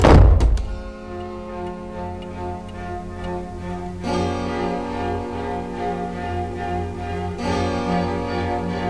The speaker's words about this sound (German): Etwas lauter als üblich ließ er die Tür hinter sich ins Schloss fallen.